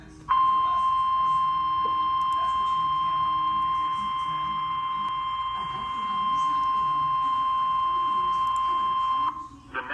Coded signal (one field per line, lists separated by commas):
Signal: Emergency Alert System (SAME) tones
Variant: 1050 Hz attention tone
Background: speech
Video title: NOAA Weather Radio EAS Alert #58 (Tornado Warning) Tornado Warning for Philadelphia!!